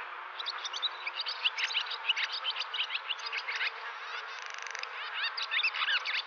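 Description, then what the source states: Barn Swallows twitter in quick bright chirps mixed with dry buzzy trills, the phrases running on without a break. Several swallows at Tullig, West Clare, at natural speed; these summer birds winter in South Africa and set off back in February.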